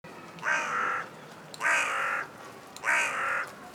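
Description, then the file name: Carrion crow cawing: three harsh, hoarse caws, each just over half a second long, spaced roughly every 1.2 seconds, with quiet background between them. "Corvus corone"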